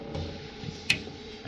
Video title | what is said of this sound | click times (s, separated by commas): TCG Mainboard Remove | a click. That is showing that it's in properly. | 0.9 s